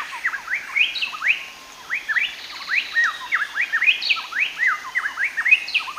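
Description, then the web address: Plain-tailed wren song: rapid, overlapping whistled notes rising and falling in quick rippling phrases, with a brief lull, over light background hiss. Ecuador. "Birds of Ecuador. Plain-tailed Wren"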